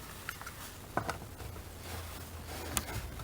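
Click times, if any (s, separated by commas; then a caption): none. A wiring connector is handled at the glove box light fixture of a Volkswagen Golf Mk4, with short plastic ticks and taps around 1.0, 1.1 and 2.8 seconds over a quiet low hum. The connector has not seated or clicked into the fixture yet.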